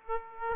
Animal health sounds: mosquito wingbeat signal from an infrared sensor; Aedes aegypti

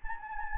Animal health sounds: mosquito wingbeat signal from an infrared sensor; Anopheles gambiae

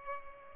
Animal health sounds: mosquito wingbeat signal from an infrared sensor; Culex pipiens

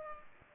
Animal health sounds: mosquito wingbeat signal from an infrared sensor; Culex pipiens

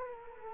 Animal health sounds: mosquito wingbeat signal from an infrared sensor; Culex quinquefasciatus

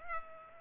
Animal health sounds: mosquito wingbeat signal from an infrared sensor; Culex pipiens

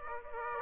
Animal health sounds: mosquito wingbeat signal from an infrared sensor; Aedes aegypti

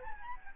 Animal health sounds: mosquito wingbeat signal from an infrared sensor; Aedes albopictus

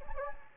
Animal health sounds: mosquito wingbeat signal from an infrared sensor; Anopheles gambiae

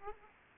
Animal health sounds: mosquito wingbeat signal from an infrared sensor; Aedes aegypti

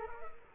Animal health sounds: mosquito wingbeat signal from an infrared sensor; Culex quinquefasciatus

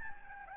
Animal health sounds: mosquito wingbeat signal from an infrared sensor; Aedes albopictus

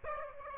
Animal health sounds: mosquito wingbeat signal from an infrared sensor; Aedes aegypti

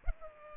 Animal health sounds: mosquito wingbeat signal from an infrared sensor; Culex pipiens

